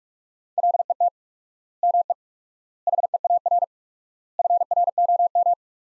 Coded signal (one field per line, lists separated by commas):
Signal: Morse code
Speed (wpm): 47 wpm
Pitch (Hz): 700 Hz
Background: none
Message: LET ME HEAR FROM